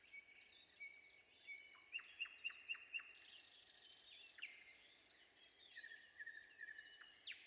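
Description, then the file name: Common nightingale singing a long whistle, then a quick run of five sharp repeated notes, followed by further varied notes, with other birds in the background. Recorded before dawn. "predawn nightingale"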